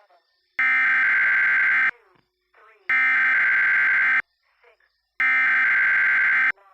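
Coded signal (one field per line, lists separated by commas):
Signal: Emergency Alert System (SAME) tones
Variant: header bursts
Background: speech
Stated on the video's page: Simulated EAS scenario, a fictional Las Vegas Enderman invasion.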